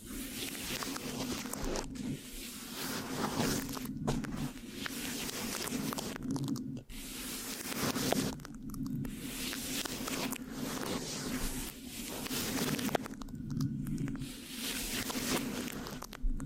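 Microphone scratching with a sticky, rubbing texture goes on almost without pause, thick and rough with a steady low rumble underneath. Short strokes and crackles pile densely together, broken by brief near-silent gaps around two, four, seven, eight and thirteen seconds.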